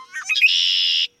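Red-winged Blackbird song: a few quick gurgling introductory notes, then a long harsh buzzy trill held steadily for about half a second before stopping abruptly.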